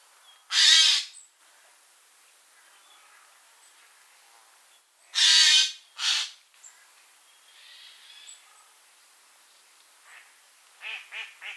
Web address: pub SETE data Garrulus glandarius